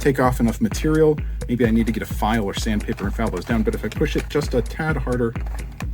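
Someone talks while pushing a modified plastic half-dart magazine a little harder into the magazine well of a toy blaster. The magazine still resists and has not clicked or seated yet by the end of the clip.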